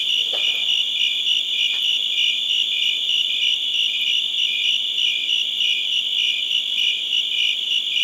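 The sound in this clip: Crickets chirping in a continuous high pulsed chorus, with a couple of faint clicks near the start.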